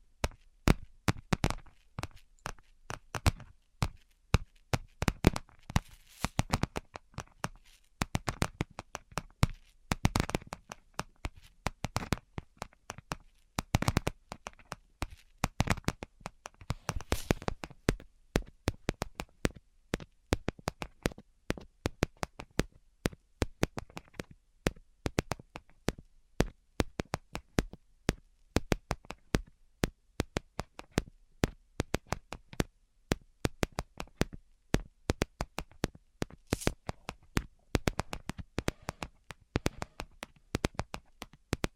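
ASMR tapping: dense, irregular sharp taps in quick clusters throughout, bright clicks over a quiet background, with short pauses between bursts.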